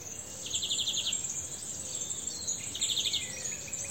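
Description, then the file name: European greenfinch: two quick trills of evenly repeated notes, one early and one near the end, over a continuous high shimmering hiss. "Chloris chloris"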